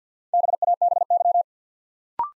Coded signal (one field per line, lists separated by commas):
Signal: Morse code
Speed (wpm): 50 wpm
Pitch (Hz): 700 Hz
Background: none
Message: BABY